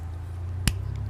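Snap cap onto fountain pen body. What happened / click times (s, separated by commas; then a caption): The pen cap snapped shut onto the body / 0.7 s. A snap cap is pushed onto a resin fountain pen body and held close to the microphone. Over a steady low hum, a single sharp click sounds at 0.7 s as the cap seats shut.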